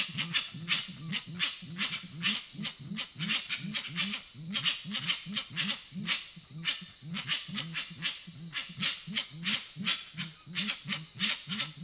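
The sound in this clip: Grey-winged trumpeter uttering deep hollow hoots in a steady series, overlaid by sharp hissing bursts.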